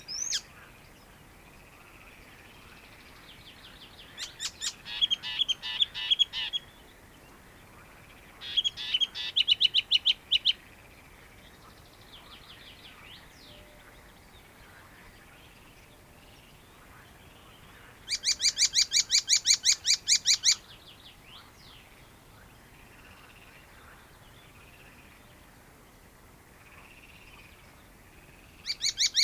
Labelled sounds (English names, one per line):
Icterine Warbler